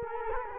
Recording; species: mosquito wingbeat signal from an infrared sensor; Culex quinquefasciatus